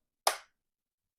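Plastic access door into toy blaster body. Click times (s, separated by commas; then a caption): 0.3 s. The plastic jam-access door on a toy foam-dart blaster is pushed shut into the blaster body. A single sharp click sounds at 0.3 s and decays quickly into silence. The door latches closed.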